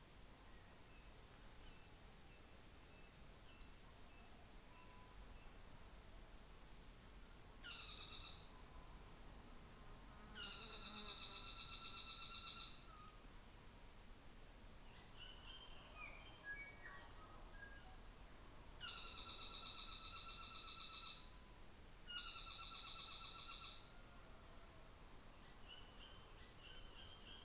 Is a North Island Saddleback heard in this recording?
yes